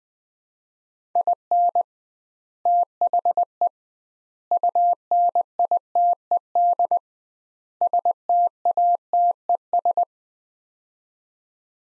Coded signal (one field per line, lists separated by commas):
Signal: Morse code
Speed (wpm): 20 wpm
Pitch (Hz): 700 Hz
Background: none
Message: IN THE UNITED STATES